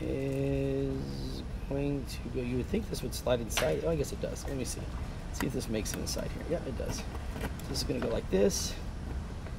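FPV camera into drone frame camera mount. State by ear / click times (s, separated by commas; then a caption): not seated / none. A small FPV camera is being slid into the camera mount of a TCMM Crow 150 carbon drone frame while someone talks over quiet handling noises. Nothing has seated or clicked yet; the camera is not yet home in the mount.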